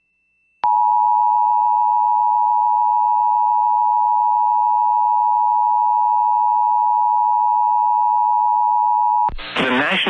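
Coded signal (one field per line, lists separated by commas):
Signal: Emergency Alert System (SAME) tones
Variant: 853 and 960 Hz attention tone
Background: speech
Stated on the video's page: SAME tones from NOAA Weather Radio during a severe weather outbreak across Montana, North Dakota and South Dakota.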